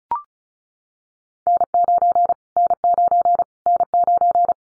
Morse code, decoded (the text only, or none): N9 N9 N9